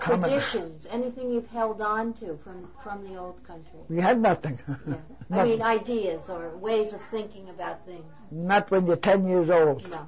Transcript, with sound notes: Traditions, anything you've held on to from the old country.
We had nothing. (he laughs)
I mean ideas or ways of thinking about things.
Not when you're ten years old.